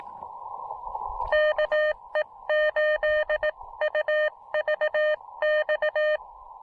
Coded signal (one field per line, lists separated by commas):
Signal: Morse code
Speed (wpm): 20 wpm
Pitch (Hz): 590 Hz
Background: none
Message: KE8UVX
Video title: Elecraft KX2/AX2 SOTA: Insane QRP DX Using the Smallest, Most Compromised Antenna I Own!